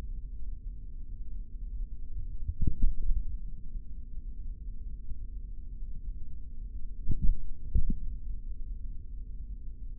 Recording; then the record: forearm muscle sounds (acoustic myography)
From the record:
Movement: tripod grip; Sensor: system 3, bracelet of six PUI Audio POM-2738L microphones around the upper forearm, with dedicated amplification and filtering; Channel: 3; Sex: male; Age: 26 years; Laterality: right